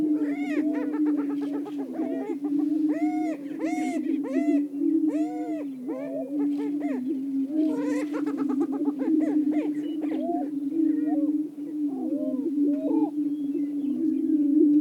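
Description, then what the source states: Greater prairie-chickens give loud bursts of harsh, rapid cackling above a continuous low booming chorus, with whooping notes throughout. Several greater prairie-chickens calling.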